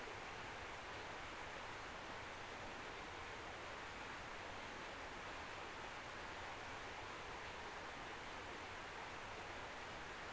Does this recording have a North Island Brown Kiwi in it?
no